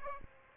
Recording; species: mosquito wingbeat signal from an infrared sensor; Aedes aegypti